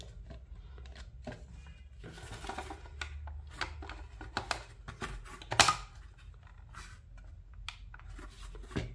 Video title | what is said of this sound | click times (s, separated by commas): How to Make Tik Tik Wall Clock to Silent Wall Clock | तो आप देखेंगे ये लॉक हो गई है और यहां से भी आ गई है अगर अब मैं करना भी चाहूं | 3.0 s, 4.4 s, 4.5 s, 5.5 s